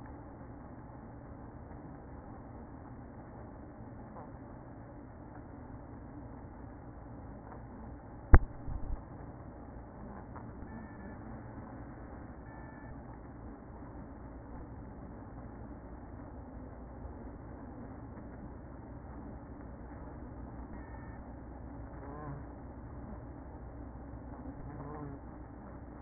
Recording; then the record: honeybee colony, microphone inside the hive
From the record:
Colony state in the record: queen present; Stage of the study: after two queens were removed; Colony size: about 60,000 bees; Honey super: yes